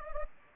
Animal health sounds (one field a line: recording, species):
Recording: mosquito wingbeat signal from an infrared sensor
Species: Anopheles gambiae